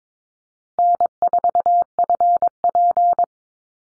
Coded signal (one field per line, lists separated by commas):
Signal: Morse code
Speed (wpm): 22 wpm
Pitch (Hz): 700 Hz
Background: none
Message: N4FP